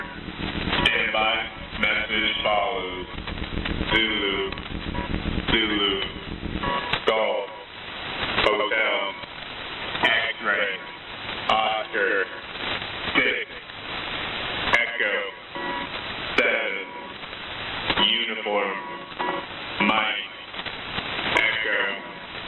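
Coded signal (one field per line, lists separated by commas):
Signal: coded military voice message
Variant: HFGCS Emergency Action Message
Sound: male voice over radio reading a coded message of letters and numbers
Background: radio static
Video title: HFGCS EAMs 09-10-2018 2303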